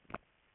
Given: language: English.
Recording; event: throat vibration sensor signal played as sound; swallow